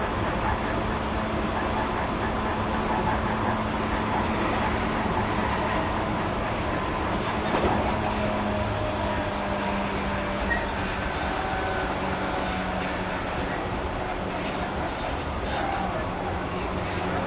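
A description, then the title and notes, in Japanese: A ride aboard a JR 221 series train from Nara to JR Namba, heard as a steady, dense rumble of the moving car. Low hums and tones drift and shift throughout, with a brief clunk near eight seconds and faint voices underneath. JR221系 奈良→JR難波。関西本線（大和路線）で録音をしました。車体は普通鋼製である。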